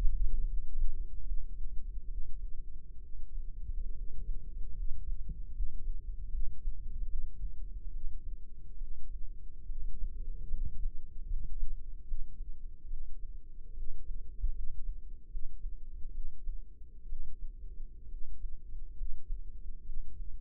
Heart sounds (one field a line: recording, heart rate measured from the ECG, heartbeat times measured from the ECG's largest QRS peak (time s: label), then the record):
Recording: heart sounds by microphone in the left ear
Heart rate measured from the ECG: 71 bpm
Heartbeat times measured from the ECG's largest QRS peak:
0.46 s: heartbeat
1.23 s: heartbeat
2.07 s: heartbeat
2.99 s: heartbeat
3.93 s: heartbeat
4.74 s: heartbeat
5.52 s: heartbeat
6.29 s: heartbeat
7.07 s: heartbeat
7.91 s: heartbeat
8.78 s: heartbeat
9.66 s: heartbeat
10.50 s: heartbeat
11.26 s: heartbeat
12.05 s: heartbeat
12.87 s: heartbeat
13.73 s: heartbeat
14.52 s: heartbeat
15.28 s: heartbeat
16.11 s: heartbeat
17.06 s: heartbeat
18.07 s: heartbeat
18.94 s: heartbeat
19.83 s: heartbeat
From the record:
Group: healthy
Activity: rest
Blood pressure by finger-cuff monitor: 113/69 mmHg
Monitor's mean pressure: 82 mmHg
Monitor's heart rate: 73 bpm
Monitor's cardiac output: 6.1 L/min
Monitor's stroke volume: 84 mL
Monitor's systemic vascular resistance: 980 dyn s/cm5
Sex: female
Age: 22 years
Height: 171 cm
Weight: 65.6 kg